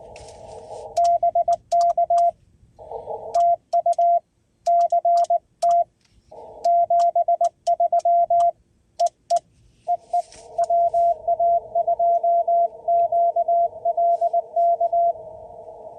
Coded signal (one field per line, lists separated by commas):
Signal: Morse code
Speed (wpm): 19 wpm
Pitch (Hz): 690 Hz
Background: radio noise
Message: BK TU CT 73 EE EE WA2QLK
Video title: POTA Activation, US-4954 Russell-Shea State Forest